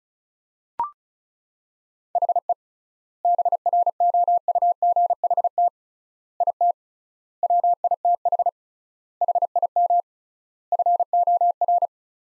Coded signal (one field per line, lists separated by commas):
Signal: Morse code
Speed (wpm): 34 wpm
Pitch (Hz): 700 Hz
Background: none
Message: HE BROUGHT IT WITH HIM FOR